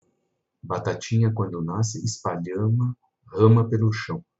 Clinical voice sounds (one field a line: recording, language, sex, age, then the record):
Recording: short text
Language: Brazilian Portuguese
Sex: male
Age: 50 to 59 years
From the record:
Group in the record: control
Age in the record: 51 years